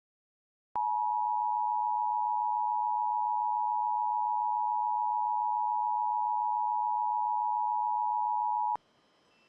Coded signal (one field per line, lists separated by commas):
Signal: Emergency Alert System (SAME) tones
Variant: 853 and 960 Hz attention tone